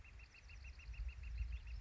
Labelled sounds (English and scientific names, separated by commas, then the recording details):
Northern Flicker (Colaptes auratus)
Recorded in Sonoma County, California